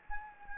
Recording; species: mosquito wingbeat signal from an infrared sensor; Anopheles gambiae